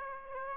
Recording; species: mosquito wingbeat signal from an infrared sensor; Aedes aegypti